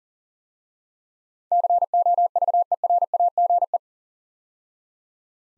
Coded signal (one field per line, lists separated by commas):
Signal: Morse code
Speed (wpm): 40 wpm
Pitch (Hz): 700 Hz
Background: none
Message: COVERAGE